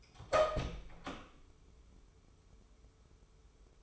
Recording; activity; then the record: daily activity, microphone in the room; open door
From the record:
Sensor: 1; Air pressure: 1015.2 hPa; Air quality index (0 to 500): 171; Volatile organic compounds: 13 ppm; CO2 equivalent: 2382 ppm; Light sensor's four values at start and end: 14/33/14/15 and 14/33/14/15